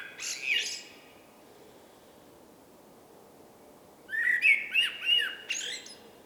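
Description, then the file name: Common blackbird song: a scratchy high burst, a long pause, then a warbled fluty phrase of slurred whistles ending in a squeak. "Turdus merula"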